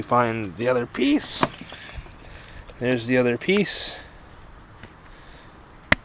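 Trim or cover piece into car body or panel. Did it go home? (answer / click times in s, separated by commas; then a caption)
yes / 5.9 s. Someone talks while working on a VW car, then pushes the other piece of a trim panel or cover into the car body until it locks into place. A sharp, loud click is heard at 5.9 seconds as the piece seats.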